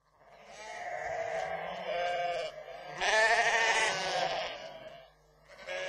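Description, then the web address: Sheep giving long, wavering bleats, one drawn-out cry followed by a louder, harsher bleat and a brief final call. "Pesni Happy Baby series Nature Happy Babies Series-Nature - Sheep"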